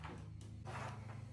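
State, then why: Not seated. A Big Agnes tent pole section is handled at its ferrule joint after a new shock cord has been threaded and tensioned to pull it together. Soft rubbing and scraping sounds rise and fall over a steady low hum. Nothing has seated or clicked yet.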